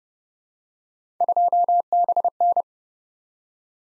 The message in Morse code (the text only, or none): 2BN